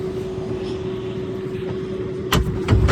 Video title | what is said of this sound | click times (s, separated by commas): Walk around if mobility handicap van functions | On that one, it clicks back in, and that's all there is to putting it back in. | 2.3 s